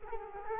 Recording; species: mosquito wingbeat signal from an infrared sensor; Culex quinquefasciatus